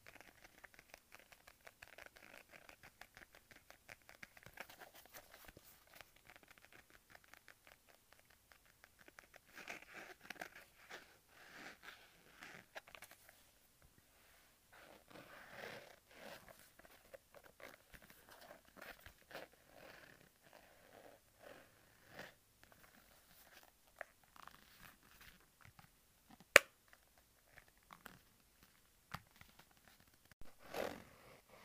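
A leather wallet is handled, giving a steady run of soft creaks, rubs and tiny crackles that come in short bunches with brief pauses between. Near the end a sharp snap stands out, followed by a louder rustling burst.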